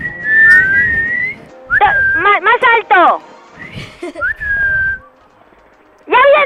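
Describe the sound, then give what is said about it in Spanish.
Loud, sustained whistles at a steady high pitch, broken by bursts of shouted, sing-song calling, then another whistle and a final call, calling for Harry Potter to come down. A voice speaks briefly between them. “Silbar, que no sé silbar. Silbar, a ver si lo oye.”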